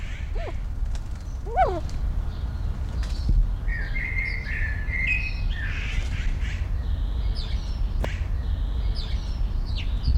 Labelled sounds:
Himalayan Snowcock (Tetraogallus himalayensis) call
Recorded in captivity
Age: adult
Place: Zoo Dresden, Sachsen, DE
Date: 1993-05-17 16:05
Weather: heiter, 25 °C
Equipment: Marantz CP 430, Sennheiser ME 80, Kopie Uher Variocord 263
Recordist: Tembrock, Günter
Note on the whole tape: Kurzlaute, auch Langlaut (10 m)

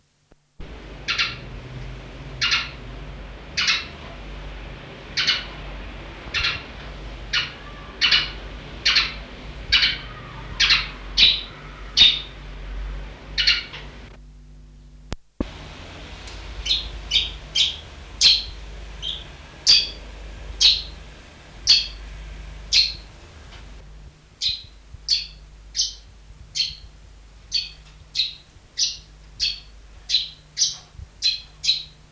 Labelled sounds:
Arabian Golden Sparrow (Passer euchlorus) call
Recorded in captivity
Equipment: Halbspur, 9,5 cm/s
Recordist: Lütgens, Hans

